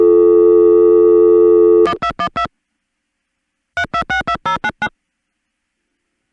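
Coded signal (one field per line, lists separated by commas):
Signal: DTMF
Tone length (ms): 80 ms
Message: 1212 3262099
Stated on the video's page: Recordings of the old long-distance telephone network in northern urban cities, 1974-1978.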